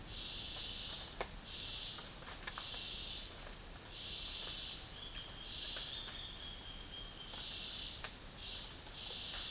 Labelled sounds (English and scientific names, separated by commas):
none